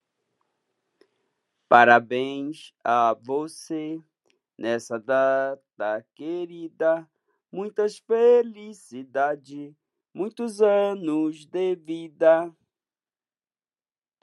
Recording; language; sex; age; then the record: short text; Brazilian Portuguese; male; 50 to 59 years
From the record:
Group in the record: control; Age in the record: 56 years